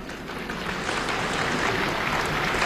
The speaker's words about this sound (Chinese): 你看人这同志们一鼓掌，这是了解我就是。